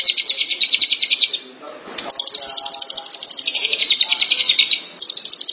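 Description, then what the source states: Long-tailed shrike song in bursts of fast, high, scratchy chatter separated by short gaps, one with a click. Recorded in March 2017.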